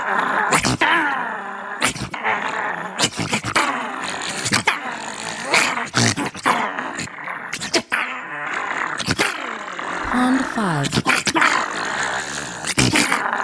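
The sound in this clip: Animal snarling: harsh, rasping growls broken by sharp snapping bursts, continuing throughout.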